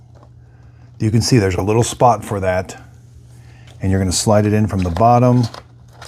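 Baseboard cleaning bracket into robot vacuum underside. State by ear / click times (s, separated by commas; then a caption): not seated / none. Someone talks while handling a plastic baseboard mop bracket, lining it up to slide in from the bottom into its slot on the underside of a NARWAL Freo Z Ultra robot vacuum. Only a few faint handling ticks are heard under the speech. Nothing has seated or clicked yet.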